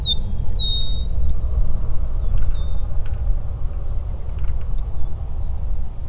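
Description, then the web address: Eastern meadowlark singing a short phrase of bright, slurred whistles that drop in pitch, followed by a few faint thin notes, with a steady deep roar underneath. "sound Eastern-meadowlark. صدای-پرنده-چمن-چکاو-شرقی"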